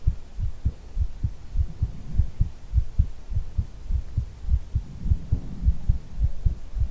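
Steady low muffled thumps of an adult heartbeat at about 100 beats a minute, heard close up as if with the head held against the chest, with soft breathy hiss of blowing into the ear behind.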